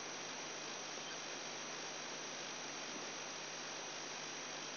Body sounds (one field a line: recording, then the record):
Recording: brain microelectrode recording played as sound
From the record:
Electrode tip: outside the subthalamic nucleus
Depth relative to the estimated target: -4 mm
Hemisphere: right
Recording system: AlphaMap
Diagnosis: Parkinson's disease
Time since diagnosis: 10 years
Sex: male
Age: 58 years